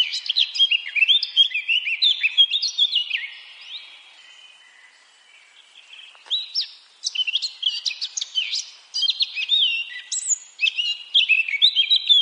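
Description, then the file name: Eurasian blackcap warbling in two bursts of rapid chirps and whistles, separated by a quieter gap around four to six seconds, then resuming loudly. "Sylvia atricapilla"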